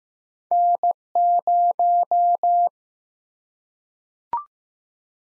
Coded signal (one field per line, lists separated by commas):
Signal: Morse code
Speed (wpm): 15 wpm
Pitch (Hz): 700 Hz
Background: none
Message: N0